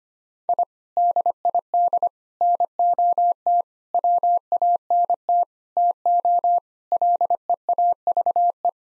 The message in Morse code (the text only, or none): I DID NOT WANT TO LEAVE